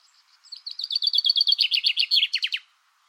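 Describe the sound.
Common chaffinch song, a quick run of repeated sweet chirps dropping in pitch, closing with a sharp flourish.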